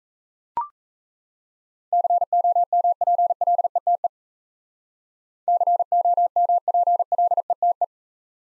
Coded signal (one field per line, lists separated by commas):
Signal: Morse code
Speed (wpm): 33 wpm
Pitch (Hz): 700 Hz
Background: none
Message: COMPLETE COMPLETE